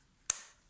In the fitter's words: Evet yerine oturdu o